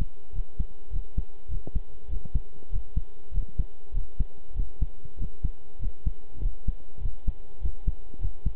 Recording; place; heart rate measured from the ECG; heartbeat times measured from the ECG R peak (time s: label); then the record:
heart sounds by stethoscope; between the tricuspid and mitral areas; 99 bpm
0.33 s: heartbeat
0.91 s: heartbeat
1.49 s: heartbeat
2.09 s: heartbeat
2.70 s: heartbeat
3.32 s: heartbeat
3.93 s: heartbeat
4.55 s: heartbeat
5.18 s: heartbeat
5.80 s: heartbeat
6.41 s: heartbeat
7.01 s: heartbeat
7.61 s: heartbeat
8.20 s: heartbeat
From the record:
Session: pedaling a stationary bicycle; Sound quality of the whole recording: good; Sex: male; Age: 23 years